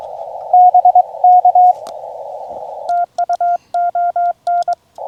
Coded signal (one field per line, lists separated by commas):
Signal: Morse code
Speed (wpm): 22 wpm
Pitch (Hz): 700 Hz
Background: radio noise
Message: BK TU ON